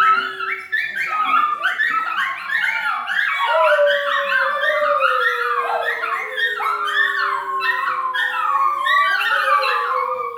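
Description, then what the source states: Schnauzers give a dense chorus of high, quavering howls that rise and fall, over a steady lower human howl that slowly glides downward. Several Schnauzers howling together, with a man howling along.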